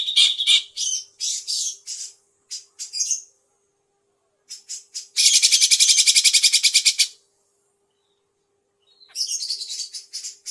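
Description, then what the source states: Grey-cheeked bulbul with clusters of harsh chips, then a loud, steady rattle of rapid notes for about two seconds, silence, and renewed chatter. Tutor song for teaching birds, long duration.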